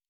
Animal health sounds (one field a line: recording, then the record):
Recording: hydrophone in a shrimp aquaculture tank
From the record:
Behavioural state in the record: normal